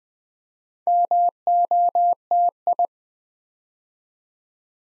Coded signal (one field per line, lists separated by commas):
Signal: Morse code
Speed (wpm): 21 wpm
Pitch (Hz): 700 Hz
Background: none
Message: MOTI